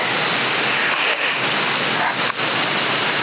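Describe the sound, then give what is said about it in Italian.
A PMR walkie-talkie on channel 1, keyed open by someone, gives a loud, steady rush of radio static that holds for over three seconds, with two brief dips in the hiss and no voice coming through. “Sull'1 qualcuno ha pigiato sul canale 1 PMR.”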